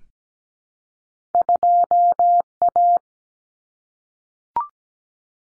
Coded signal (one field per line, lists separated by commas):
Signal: Morse code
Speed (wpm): 17 wpm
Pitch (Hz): 700 Hz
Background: none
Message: 2A